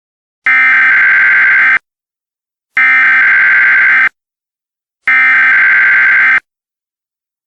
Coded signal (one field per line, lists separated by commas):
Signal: Emergency Alert System (SAME) tones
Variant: header bursts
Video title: EAS Scenario: Absolutely Radioactive Part 5